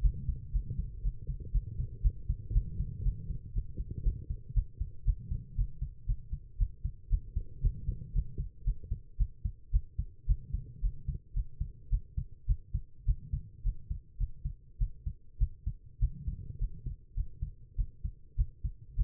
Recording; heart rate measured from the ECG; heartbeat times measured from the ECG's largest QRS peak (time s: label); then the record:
heart sounds by stethoscope; 111 bpm
0.01 s: heartbeat
0.52 s: heartbeat
1.02 s: heartbeat
1.52 s: heartbeat
2.02 s: heartbeat
2.53 s: heartbeat
3.03 s: heartbeat
3.53 s: heartbeat
4.03 s: heartbeat
4.54 s: heartbeat
5.05 s: heartbeat
5.56 s: heartbeat
6.06 s: heartbeat
6.58 s: heartbeat
7.09 s: heartbeat
7.61 s: heartbeat
8.13 s: heartbeat
8.64 s: heartbeat
9.17 s: heartbeat
9.71 s: heartbeat
10.26 s: heartbeat
10.81 s: heartbeat
11.33 s: heartbeat
11.89 s: heartbeat
12.46 s: heartbeat
13.05 s: heartbeat
13.63 s: heartbeat
14.17 s: heartbeat
14.78 s: heartbeat
15.38 s: heartbeat
15.99 s: heartbeat
16.58 s: heartbeat
17.14 s: heartbeat
17.76 s: heartbeat
18.36 s: heartbeat
18.95 s: heartbeat
From the record:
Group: healthy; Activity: rest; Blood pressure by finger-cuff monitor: 109/76 mmHg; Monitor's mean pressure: 88 mmHg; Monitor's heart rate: 113 bpm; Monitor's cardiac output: 8.5 L/min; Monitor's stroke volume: 77 mL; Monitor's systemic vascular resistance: 750 dyn s/cm5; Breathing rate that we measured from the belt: 23 breaths a minute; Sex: female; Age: 19 years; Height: 163 cm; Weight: 51 kg